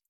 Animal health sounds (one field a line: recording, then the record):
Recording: hydrophone in a shrimp aquaculture tank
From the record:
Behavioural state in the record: feeding